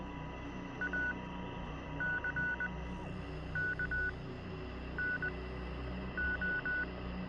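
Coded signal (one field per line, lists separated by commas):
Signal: Morse code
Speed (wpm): 20 wpm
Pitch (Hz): 1480 Hz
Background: none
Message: ACKNO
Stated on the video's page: Heard in the game Oxenfree, during a live Twitch broadcast.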